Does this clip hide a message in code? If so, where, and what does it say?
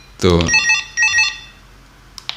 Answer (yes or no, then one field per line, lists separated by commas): no